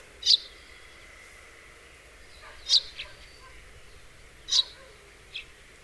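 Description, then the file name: House sparrow giving a few single sharp chirps spaced a couple of seconds apart, some followed by a softer note. "Passer domesticus"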